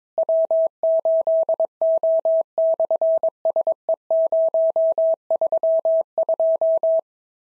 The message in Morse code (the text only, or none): W8O/SE032